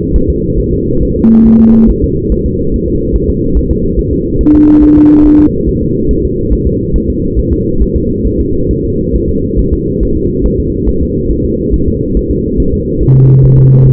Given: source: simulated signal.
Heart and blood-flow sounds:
fetal heart sounds
0.16 s: S1
0.30 s: S2
0.60 s: S1
0.74 s: S2
1.03 s: S1
1.17 s: S2
1.47 s: S1
1.61 s: S2
1.90 s: S1
2.04 s: S2
2.32 s: S1
2.46 s: S2
2.74 s: S1
2.88 s: S2
3.16 s: S1
3.30 s: S2
3.57 s: S1
3.71 s: S2
3.99 s: S1
4.13 s: S2
4.41 s: S1
4.55 s: S2
4.83 s: S1
4.97 s: S2
5.26 s: S1
5.40 s: S2
5.69 s: S1
5.83 s: S2
6.11 s: S1
6.25 s: S2
6.53 s: S1
6.67 s: S2
6.96 s: S1
7.10 s: S2
7.39 s: S1
7.53 s: S2
7.82 s: S1
7.96 s: S2
8.27 s: S1
8.41 s: S2
8.71 s: S1
8.85 s: S2
9.15 s: S1
9.30 s: S2
9.59 s: S1
9.73 s: S2
10.03 s: S1
10.17 s: S2
10.46 s: S1
10.60 s: S2
10.88 s: S1
11.03 s: S2
11.31 s: S1
11.45 s: S2
11.74 s: S1
11.88 s: S2
12.17 s: S1
12.31 s: S2
12.60 s: S1
12.74 s: S2
13.02 s: S1
13.17 s: S2
13.45 s: S1
13.59 s: S2
13.86 s: S1
From the record:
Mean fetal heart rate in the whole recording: 140 bpm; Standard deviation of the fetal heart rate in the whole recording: 2 bpm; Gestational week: 34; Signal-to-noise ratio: -15.3 dB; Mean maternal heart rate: 72 bpm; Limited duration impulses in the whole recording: present

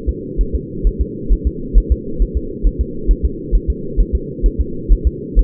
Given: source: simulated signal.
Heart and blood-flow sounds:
fetal heart sounds
0.09 s: S2
0.41 s: S1
0.55 s: S2
0.87 s: S1
1.01 s: S2
1.33 s: S1
1.47 s: S2
1.78 s: S1
1.92 s: S2
2.22 s: S1
2.37 s: S2
2.67 s: S1
2.81 s: S2
3.11 s: S1
3.25 s: S2
3.55 s: S1
3.70 s: S2
4.00 s: S1
4.15 s: S2
4.46 s: S1
4.61 s: S2
4.92 s: S1
5.07 s: S2
5.39 s: S1
From the record:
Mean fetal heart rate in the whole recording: 130 bpm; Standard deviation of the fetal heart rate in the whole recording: 2 bpm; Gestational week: 36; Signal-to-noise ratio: -4.3 dB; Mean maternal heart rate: 72 bpm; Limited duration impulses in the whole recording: absent

